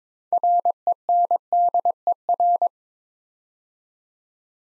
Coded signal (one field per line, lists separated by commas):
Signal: Morse code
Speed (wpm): 22 wpm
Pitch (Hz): 700 Hz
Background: none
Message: RENDER